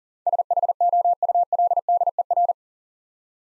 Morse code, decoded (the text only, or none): SHOULDER